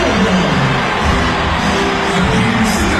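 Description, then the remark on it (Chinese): A large stadium crowd cheers in a dense, continuous roar that holds steady and loud throughout, with scattered shouts and whoops rising out of the wash of voices, as President Jokowi arrives at the 2018 Asian Games opening ceremony in Indonesia, held in a stadium with a 56-year history. “相信待会儿呢，总统佐科到达开幕式的现场，一定会引起现场观众的欢呼声。”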